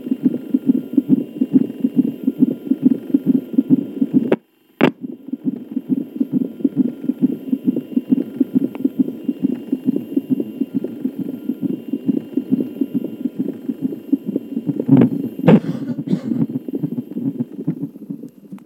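Fetal heartbeat picked up by a cardiotocography (CTG) Doppler monitor, a rapid rhythmic whooshing pulse at about 136 beats per minute, with a brief dropout and a few clicks. Recorded in Berlin.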